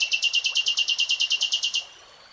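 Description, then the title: Nightingale song phrase: a very fast, evenly pulsed high rattle of many notes lasting nearly two seconds, then stopping. Real-time recording, not slowed. "[Tiếng chim hót] REALTIME Nightingale Singing"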